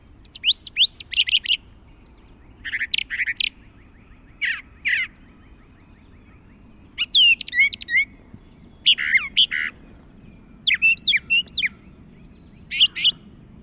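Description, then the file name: Brown thrasher song: complex slurred and buzzy phrases delivered in doubled groups with short gaps, continuing steadily throughout. "suara kicauan brown thrasher. omkicau"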